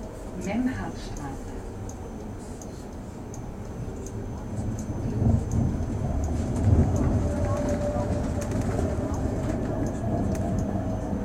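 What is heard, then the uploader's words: A tram ride heard from inside, with a steady low rumble of the car rolling along and a faint constant whine above it. Scattered clicks and knocks come through throughout, the motion swells a little louder after the halfway point, and voices murmur faintly in the background. Tramming it up on the M2 am Steinburg. Relaxing tram ride.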